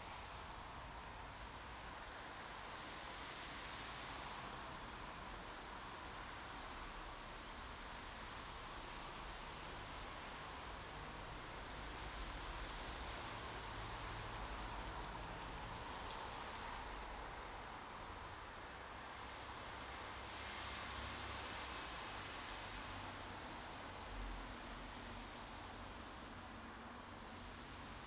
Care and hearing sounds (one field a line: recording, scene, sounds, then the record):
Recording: everyday scene through a hearing-aid microphone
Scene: in traffic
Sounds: traffic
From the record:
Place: bus stop on a city main road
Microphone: in the ear canal, right